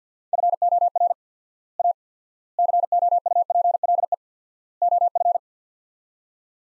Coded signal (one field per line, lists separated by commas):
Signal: Morse code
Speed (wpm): 50 wpm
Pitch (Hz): 700 Hz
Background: none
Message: FOR A COUPLE OF